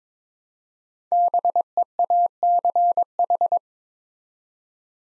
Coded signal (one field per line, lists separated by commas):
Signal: Morse code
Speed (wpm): 22 wpm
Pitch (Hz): 700 Hz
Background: none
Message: BEACH